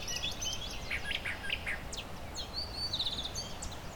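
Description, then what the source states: Brown Thrasher song, quick jumbled chirps and slurred whistles, then a short pause and another phrase. Mimicry song at Long Point Provincial Park in spring, in shrubby parkland meadow with tall trees; holds mimicked phrases longer than a mockingbird, slower tempo, gaps between bouts.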